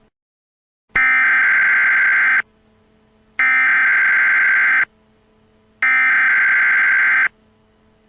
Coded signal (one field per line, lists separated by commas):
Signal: Emergency Alert System (SAME) tones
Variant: header bursts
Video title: Central Kids TV EAS Scenario - The Black Hole